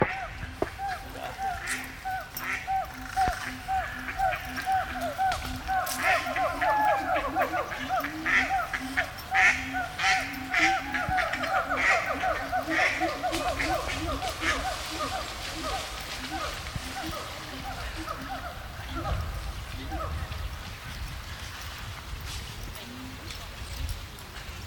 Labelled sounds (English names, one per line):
Siamang